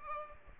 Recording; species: mosquito wingbeat signal from an infrared sensor; Aedes aegypti